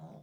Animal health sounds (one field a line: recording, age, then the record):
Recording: pig call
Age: piglet (1 to 25 days)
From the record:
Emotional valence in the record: negative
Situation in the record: long isolation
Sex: female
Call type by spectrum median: low-frequency call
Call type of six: low-frequency stable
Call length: 0.23 s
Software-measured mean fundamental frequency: 51 Hz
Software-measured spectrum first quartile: 166 Hz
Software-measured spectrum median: 299 Hz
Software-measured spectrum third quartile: 689 Hz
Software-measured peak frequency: 168 Hz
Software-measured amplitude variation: 128 dB a second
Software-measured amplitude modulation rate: 19.6 a second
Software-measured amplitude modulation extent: 6.5 dB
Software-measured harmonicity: 3.4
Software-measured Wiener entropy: -0.18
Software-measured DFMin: 1082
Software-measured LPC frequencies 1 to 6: 706, 3453, 3784, 5619, 6263, 7123 Hz